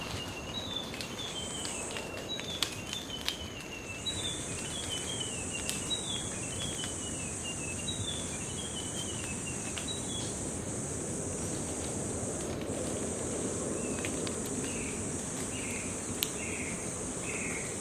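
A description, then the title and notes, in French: Rain-soaked tree leaves crackle and tick steadily throughout, a dense patter of tiny drips. From about four seconds a continuous high insect buzz joins in, and a bird repeats short rising chirps in the first ten seconds and again near the end. Paysage sonore de Maré. Île de Maré, Nouvelle-Calédonie. Le crépitement, non pas d'un feu, mais celui des feuilles d'arbres arrosées par la récente pluie.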